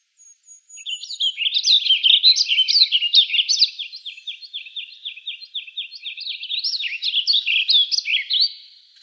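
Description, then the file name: Warbling vireo singing a long, rambling warble of quick, slurred up-and-down notes running continuously for about eight seconds, with a thin high whistle at the start. Recorded in Arizona. "WAVI 6 deviche"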